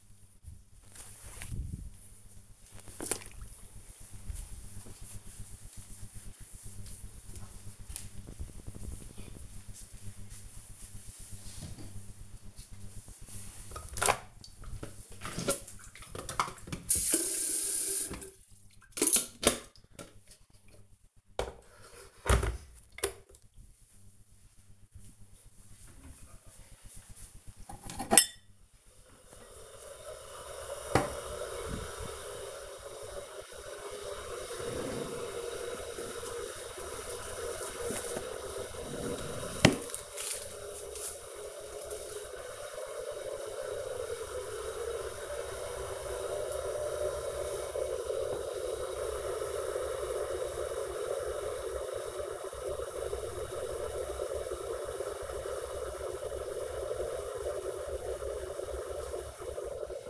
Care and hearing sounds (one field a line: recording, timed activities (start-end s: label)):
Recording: household activities, microphone on the right wrist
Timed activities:
0.00-2.85 s: floor cleaning
11.92-60.10 s: making tea